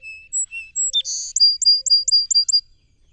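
Song sparrow: a phrase of clean whistles, a brief harsh buzz, then about six crisp notes repeated quickly.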